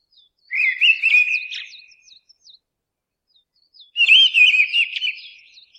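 Mistle thrush delivering two rich whistled phrases, each ending in thin, squeaky high notes, with a pause of about one second between them.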